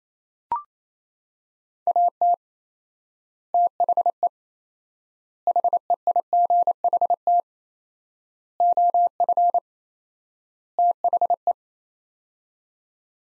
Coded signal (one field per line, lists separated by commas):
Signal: Morse code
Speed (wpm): 27 wpm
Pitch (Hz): 700 Hz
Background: none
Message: AT THE HEIGHT OF THE